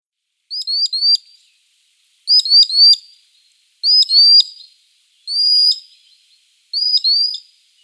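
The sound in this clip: Common sandpiper giving high, thin whistled calls in short bursts of a few quick notes, a burst about every one and a half seconds.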